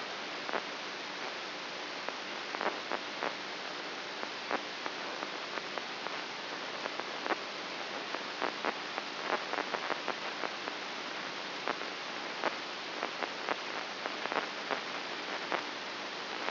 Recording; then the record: brain microelectrode recording played as sound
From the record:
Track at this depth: inside the subthalamic nucleus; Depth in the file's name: 3.84 mm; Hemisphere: right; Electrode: 2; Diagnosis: Parkinson's disease